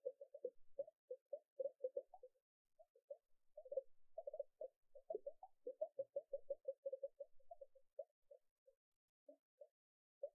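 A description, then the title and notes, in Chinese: Water gurgles in quick, hollow bubbling pops, pitched low-middle. The bubbling runs in dense, uneven bursts for the first eight seconds, then thins to a few separate blips near the end. Nothing else is audible behind it. 水聲咕嚕咕嚕 | Relaxing Water Sounds | NoTalking。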